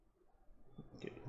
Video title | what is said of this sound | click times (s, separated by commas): Motorola A10 Dual Sim keypad phone in 2024 unboxing & Review - ImRaj Vlogs | மட்டும் ப்ராப்பரா lock ஆகல guys எதுக்கு lock ஆகல ஓகே லாக் ஆயிடுச்சு சோ லாக் ஆயிருச்சு சோ | 1.0 s, 1.1 s